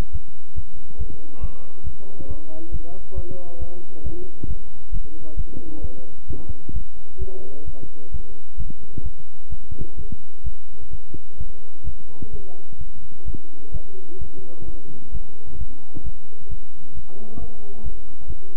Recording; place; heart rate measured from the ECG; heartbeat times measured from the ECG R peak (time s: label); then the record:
heart sounds by stethoscope; between the tricuspid and mitral areas; 132 bpm
0.13 s: heartbeat
0.56 s: heartbeat
0.99 s: heartbeat
1.41 s: heartbeat
1.85 s: heartbeat
2.28 s: heartbeat
2.72 s: heartbeat
3.15 s: heartbeat
3.60 s: heartbeat
4.04 s: heartbeat
4.48 s: heartbeat
4.92 s: heartbeat
5.37 s: heartbeat
5.82 s: heartbeat
6.28 s: heartbeat
6.74 s: heartbeat
7.19 s: heartbeat
7.66 s: heartbeat
8.12 s: heartbeat
8.58 s: heartbeat
9.04 s: heartbeat
9.50 s: heartbeat
9.97 s: heartbeat
10.44 s: heartbeat
10.91 s: heartbeat
11.38 s: heartbeat
11.85 s: heartbeat
12.31 s: heartbeat
12.79 s: heartbeat
13.25 s: heartbeat
13.72 s: heartbeat
14.19 s: heartbeat
14.66 s: heartbeat
15.12 s: heartbeat
15.58 s: heartbeat
16.04 s: heartbeat
16.49 s: heartbeat
16.95 s: heartbeat
17.40 s: heartbeat
17.83 s: heartbeat
18.28 s: heartbeat
From the record:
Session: bicycle stress test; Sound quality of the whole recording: good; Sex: male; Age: 23 years